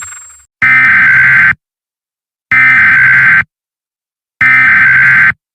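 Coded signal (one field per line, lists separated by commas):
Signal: Emergency Alert System (SAME) tones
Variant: header bursts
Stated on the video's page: Fictional EAS scenario, not a real alert.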